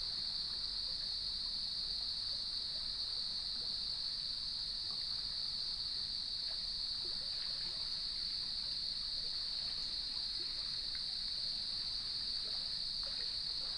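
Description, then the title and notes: Crickets in a steady high trilling chorus, with scattered faint clicks and a soft low wash of water behind. Evening chorus at sunset on the beach of Lighthouse West Natural Area, Leelanau Peninsula, beside gnarled cedar trees, waves in the background. "Sounds of Leelanau Peninsula: Lighthouse West Natural Area. Nature is my Jam. As I approached the beach, the sun was just setting, and the crickets made themselves known"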